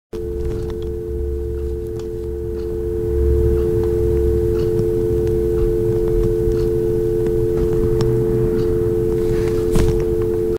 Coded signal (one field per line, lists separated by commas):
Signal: telephone call progress tone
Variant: North America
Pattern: dial tone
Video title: Phone Dial Tone Free Sound Effect (Various Versions!)